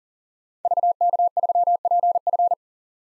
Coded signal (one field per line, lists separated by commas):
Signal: Morse code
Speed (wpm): 40 wpm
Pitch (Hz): 700 Hz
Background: none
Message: VK3PF